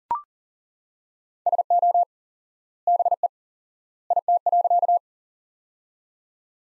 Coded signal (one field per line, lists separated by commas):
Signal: Morse code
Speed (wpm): 38 wpm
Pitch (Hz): 700 Hz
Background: none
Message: SO BE IT.